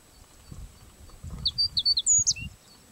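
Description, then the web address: Red-necked reed bunting call: a brief, high jingle of four quick notes, then two sharper, higher ones and a short lower tail, with soft low rumbling underneath. "red necked reed bunting call"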